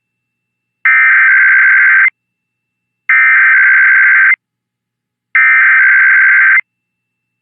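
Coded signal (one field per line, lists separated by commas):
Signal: Emergency Alert System (SAME) tones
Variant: header bursts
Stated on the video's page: Weekly and monthly EAS tests caught off WHAS and others, including Orange and Washington monthly tests and the IPAWS weekly test.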